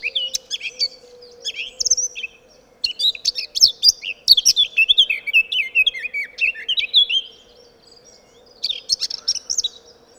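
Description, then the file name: Eurasian blackcap song: long rich warbled phrases of mixed chirps and fluty whistles, with a steady low hum. "Sylvia atricapilla"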